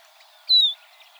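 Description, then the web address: Tropeiro seedeater gives one clear whistled note that slides slightly downward and lasts about a quarter second, with faint bird sounds behind it. "sound Tropeiro-seedeater. صدای-پرنده-دانه-خوار-تروپیرو"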